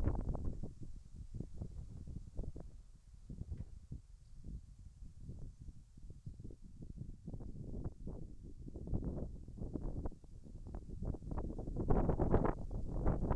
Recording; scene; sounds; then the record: everyday scene through a hearing-aid microphone; wind on the microphone; wind, whistling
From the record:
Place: in front of a rural house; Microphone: behind the ear, right, front